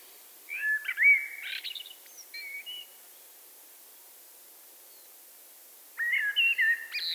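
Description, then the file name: Eurasian blackbird song: a fluty warbled phrase running into squeaky twitters, then a pause of about three seconds before a second similar phrase. "Turdus merula"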